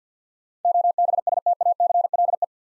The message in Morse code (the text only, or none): OBSTACLE